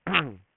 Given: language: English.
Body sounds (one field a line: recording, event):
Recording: throat vibration sensor signal played as sound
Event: throat clearing